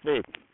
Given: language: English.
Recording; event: throat vibration sensor signal played as sound; speech